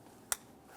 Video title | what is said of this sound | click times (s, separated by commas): How to Replace Starter 2009-2019 Ford Flex | Listen for a click, give it a tug, make sure it's secure. | 0.3 s